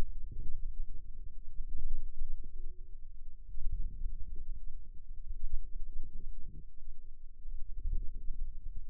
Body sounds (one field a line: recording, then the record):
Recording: forearm muscle sounds (acoustic myography)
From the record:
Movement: ulnar deviation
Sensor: system 2, bracelet of six BSWA MPA416 microphones around the upper forearm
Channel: 2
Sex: female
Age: 22 years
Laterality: right